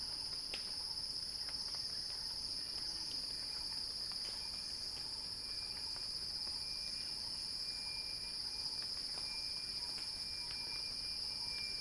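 Steady cicada chorus, one sustained high-pitched hiss throughout, with quiet lower chirping and a few sharp ticks.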